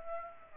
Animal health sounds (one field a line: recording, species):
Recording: mosquito wingbeat signal from an infrared sensor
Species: Aedes aegypti